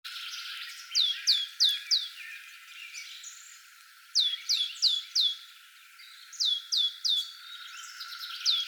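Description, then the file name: Great tit calling in several runs of a few piercing, falling notes, with soft chatter between them. "Parus major"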